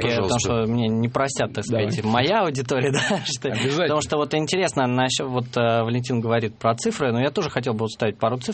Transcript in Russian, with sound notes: потому что меня не простит, так сказать, моя аудитория, да… (смеется)
Обязательно.
Вот интересно, вот Валентин говорит про цифры, я тоже хотел бы вставить пару цифр.